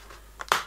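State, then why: Released. The plastic screen bezel on a laptop lid is pulled off by hand, and its retaining clips snap loose with a sharp click at 0.4 s and a louder one at 0.5 s. After a faint rustle, the clips pop open and the bezel is released.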